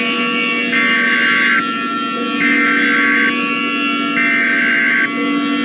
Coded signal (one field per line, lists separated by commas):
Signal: Emergency Alert System (SAME) tones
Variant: header bursts